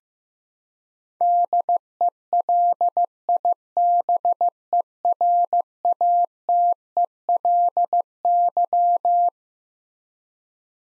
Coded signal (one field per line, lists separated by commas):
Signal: Morse code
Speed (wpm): 15 wpm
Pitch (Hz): 700 Hz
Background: none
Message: DELIBERATELY